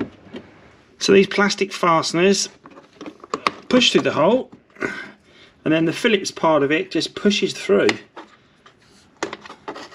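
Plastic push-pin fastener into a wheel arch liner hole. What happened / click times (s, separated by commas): Handled, not yet home: plastic push fastener being fitted / none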